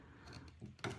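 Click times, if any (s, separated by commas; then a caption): none. A handle is cranked on an HTVRONT button maker to press the first stage, joining a metal button shell and a graphic in the press die. Quiet mechanical handling sounds build to a sharper, louder knock near 0.8 s. The part has not seated or clicked yet.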